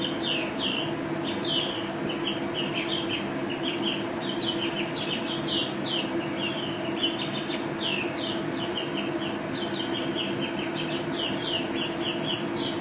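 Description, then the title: White-eye song, a continuous twittering of short high chirps and slurs at an even pace, with a steady low hum behind. Contest bird billed as national first-place champion, singing gacor, teler and ropel styles, with canary song as filler (isian kenari); 2015. "Pleci Juara 1 Nasional pleci Gacor juara nasional teler gacor ropel pleci isian kenari 2015"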